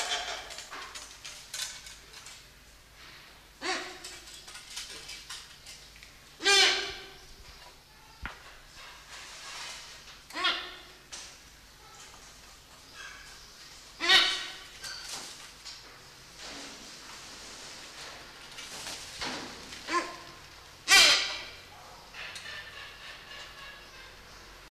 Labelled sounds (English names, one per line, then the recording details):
Black-and-white-casqued Hornbill call
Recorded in captivity
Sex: pair
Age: adult
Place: Zoo Berlin, Berlin, DE
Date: 1991-06-03 10:38
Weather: cloudy, 12-15 °C
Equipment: Marantz, Sennheiser ME 80, Kopie Tesla B 116
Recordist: Tembrock, Günter